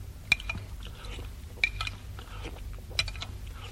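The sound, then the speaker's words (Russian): Dishes clink three times at even intervals of over a second as soup is served, each a bright, short ringing tap over a faint low background hum, with no talking. “Что это за суп? Просто воды налил в чашку.”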